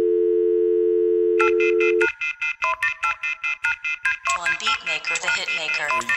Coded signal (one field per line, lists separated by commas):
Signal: telephone call progress tone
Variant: North America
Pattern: dial tone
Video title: Joka Da Mad Hatter -Dial Tone Promo